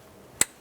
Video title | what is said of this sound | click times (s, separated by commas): How to Replace Intake Manifold 2004-2009 Dodge Durango | You hear it click. | 0.4 s